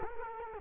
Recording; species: mosquito wingbeat signal from an infrared sensor; Culex quinquefasciatus